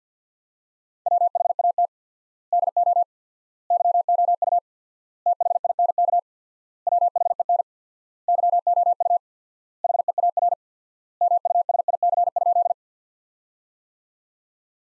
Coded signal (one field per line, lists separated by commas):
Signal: Morse code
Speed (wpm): 50 wpm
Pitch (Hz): 700 Hz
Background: none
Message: WHAT DO YOU THINK WHEN YOU HEAR MUSIC?